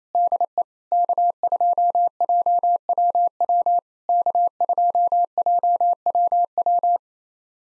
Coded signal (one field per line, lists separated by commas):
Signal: Morse code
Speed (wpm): 27 wpm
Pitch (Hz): 700 Hz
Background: none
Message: DE K2JWW K2JWW